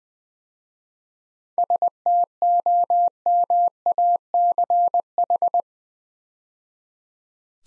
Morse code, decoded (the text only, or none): STOMACH